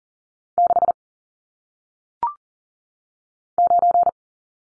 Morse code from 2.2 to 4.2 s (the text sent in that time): 9